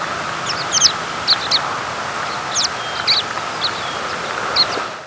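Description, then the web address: American pipit giving sharp, high, clipped call notes in small irregular bursts, with a steady hum running underneath throughout. "pipits"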